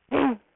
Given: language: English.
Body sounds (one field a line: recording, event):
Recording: throat vibration sensor signal played as sound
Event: throat clearing